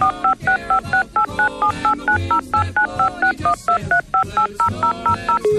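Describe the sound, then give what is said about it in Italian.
A rapid string of touch-tone telephone beeps as a long Santa Claus hotline number for children is dialed, each short dual-pitched tone following quickly after the last in a steady, clipped rhythm, with no voices. “il primo numero di telefono dedicato a tutti i bimbi che hanno solo 4 anni e non sanno scrivere e non possono mandare la letterina dei regali a Babbo Natale.”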